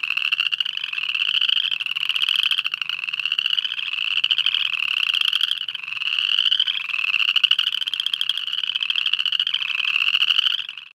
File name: Upland Chorus Frog